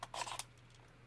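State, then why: Seated. After first being put in the wrong way round, a battery is pushed back into the battery compartment of an Olympus camera. A brief tick and a short scraping slide are followed by a sharp click at 0.4 s, then near silence over a low steady hum. The battery is seated, held in place by a small metal retaining tab.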